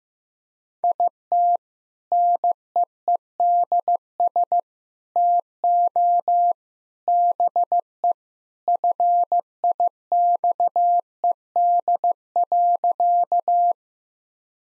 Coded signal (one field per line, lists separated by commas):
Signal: Morse code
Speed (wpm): 15 wpm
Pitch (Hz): 700 Hz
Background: none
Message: IT NEEDS TO BE FIXED.